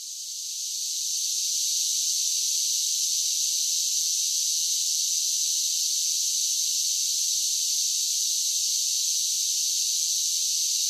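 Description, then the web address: Cicadas in a dense chorus, a steady high-pitched hissing buzz that swells in over the first one and a half seconds and then holds unbroken throughout. Large groups of cicadas singing together, a buzzing chorus song. "Blastwave INSECTS Cicadas Sing. cicadas sing song buzz large groups singing insect bug"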